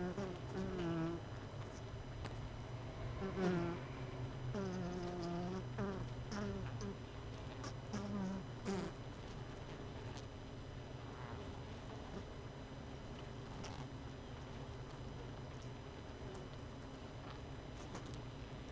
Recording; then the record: honeybee colony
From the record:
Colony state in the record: missing queen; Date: 31 May 2018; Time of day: 18:18